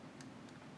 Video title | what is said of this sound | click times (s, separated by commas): Keen Ranger PT Wireless Cellular Cam by ReoLink (Full Review) | you hear that little click and it locks in there | 0.2 s